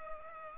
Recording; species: mosquito wingbeat signal from an infrared sensor; Culex pipiens